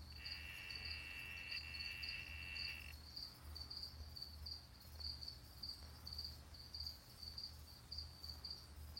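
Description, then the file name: Brazilian yellow-backed poison frog buzzing trill lasting nearly three seconds, then stopping, while a cricket-like insect keeps pulsing high above and a low hum continues. "Adelphobates galactonotus calling"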